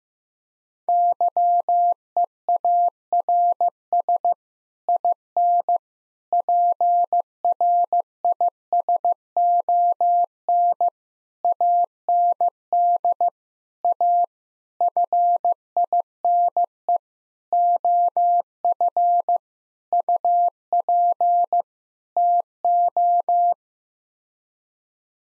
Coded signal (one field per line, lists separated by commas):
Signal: Morse code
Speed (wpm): 14 wpm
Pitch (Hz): 700 Hz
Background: none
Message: YEARS IN PRISON AND A FINE OF UP TO